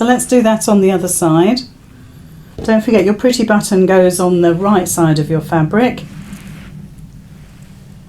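Someone talks while placing a decorative rivet cap on the right side of the bag fabric and lining up the male post from the back. The speech ends around 6 s and a quiet low hum continues. Nothing has been pushed together or clicked yet.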